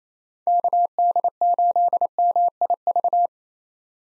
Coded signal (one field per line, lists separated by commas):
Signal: Morse code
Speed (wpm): 28 wpm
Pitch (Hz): 700 Hz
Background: none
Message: KD8MIV